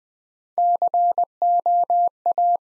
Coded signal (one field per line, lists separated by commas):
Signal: Morse code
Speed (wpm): 21 wpm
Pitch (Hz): 700 Hz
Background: none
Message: COA